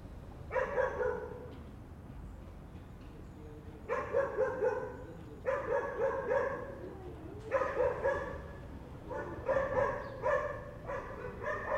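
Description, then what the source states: Dogs barking: rapid bursts of harsh barks coming in bouts, separated by short pauses. More than one dog.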